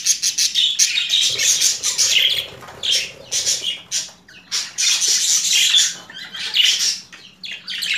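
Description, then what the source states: Budgerigar chattering: continuous scratchy warbling mixed with sharp chirps and squawks, barely pausing throughout. Female budgerigar; mixed sounds.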